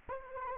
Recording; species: mosquito wingbeat signal from an infrared sensor; Anopheles arabiensis